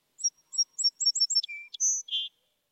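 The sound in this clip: Song Sparrow song: a few bright, high introductory notes repeated quickly, then a steady lower buzzy note and two buzzy closing notes, the first high, the second lower.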